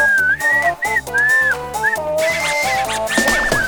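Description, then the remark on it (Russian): Someone whistles a short melodic tune, presented as a 'national patriotic whistle', loud and steady, with pitches that slide and bend between notes. Toward the end the sound grows breathier and busier. “Я еще, оказывается, умею свистеть. Национальный, как говорится, патриотический свист.”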